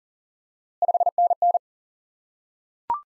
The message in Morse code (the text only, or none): 5NN